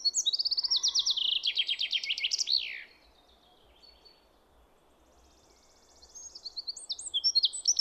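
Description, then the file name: Common chaffinch singing: a rapid run of descending notes closing with a terminal flourish, a quiet pause, then the next song beginning near the end. "Fringilla coelebs"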